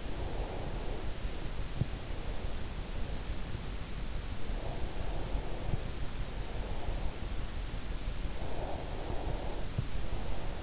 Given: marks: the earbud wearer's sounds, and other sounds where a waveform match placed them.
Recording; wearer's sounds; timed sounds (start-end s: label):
sounds in sleep by an in-ear microphone; breath
0.00-1.54 s: breath
4.34-7.31 s: breath
8.29-10.62 s: breath